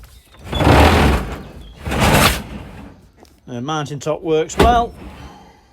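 A plastic top box is handled over its mounting plate, with two broad, rushing bursts of scraping and rubbing noise around 0.5–1.3 s and 1.9–2.5 s. Someone then talks briefly. Nothing has seated or clicked yet.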